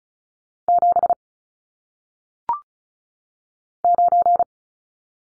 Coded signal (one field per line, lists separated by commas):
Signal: Morse code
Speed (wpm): 36 wpm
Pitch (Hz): 700 Hz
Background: none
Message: 7 9